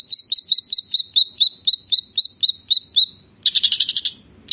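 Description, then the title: Grey-cheeked bulbul song: a steady run of clear, short whistled notes repeated about four times a second, ending in a brief burst of fast, scratchy chatter. "Kicau Burung Cucak Jenggot"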